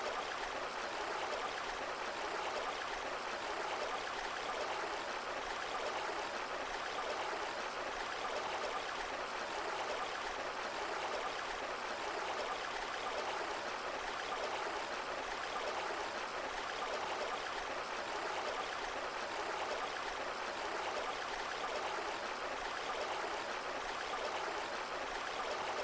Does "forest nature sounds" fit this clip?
yes